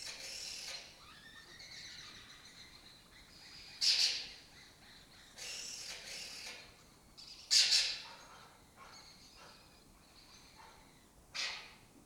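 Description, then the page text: Lesser kestrel giving loud harsh screeching calls every few seconds, with softer chattering between them. Colony occupying an abandoned building in Doñana; migratory raptor that forages in West Africa and breeds in southern Europe. "Lesser Kestrels Took Over an Abandoned Building. A migratory raptor wich spends its foraging time in West Africa and breeds in southern Europe. Here in Doñana"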